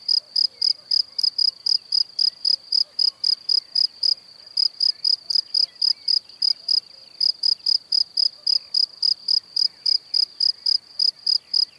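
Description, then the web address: Shrill cricket chirps pulse rapidly, around four a second, with two short pauses, over soft background sounds. "Kurs PTTK Przyroda Ptaki Świerszcze"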